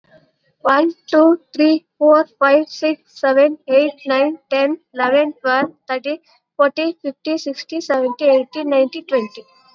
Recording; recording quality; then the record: counting at a fast pace; moderate, slight background noise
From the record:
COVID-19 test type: RT-PCR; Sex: female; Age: 20 years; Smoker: no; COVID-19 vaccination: both doses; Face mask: worn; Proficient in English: yes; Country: India